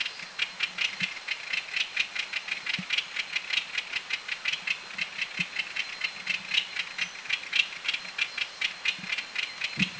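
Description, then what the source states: Puff-throated babbler chatter, a continuous dry rattling of rapid harsh notes, with some low soft knocks underneath. Chatter call; northern Thailand.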